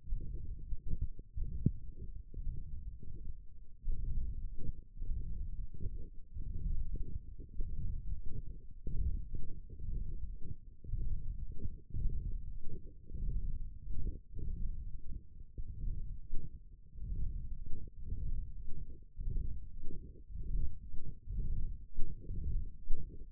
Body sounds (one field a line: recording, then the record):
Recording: forearm muscle sounds (acoustic myography)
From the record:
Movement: hook grip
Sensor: system 1, eight BSWA MPA416 microphones around the upper forearm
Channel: 3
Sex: male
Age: 21 years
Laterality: right